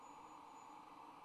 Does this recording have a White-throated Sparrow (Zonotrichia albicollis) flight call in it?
no